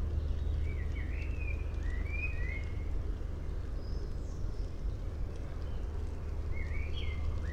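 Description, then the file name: Common blackbird giving soft slurred whistled phrases early on and a brief warble at the close, faint high notes between, beneath continuous low-pitched background noise. "Turdus merula"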